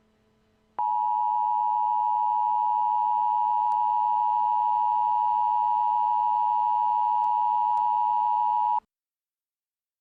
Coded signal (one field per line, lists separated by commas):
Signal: Emergency Alert System (SAME) tones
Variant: 853 and 960 Hz attention tone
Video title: EAS Scenario #18: Mickey Error XIV The Revive Of Minnie Error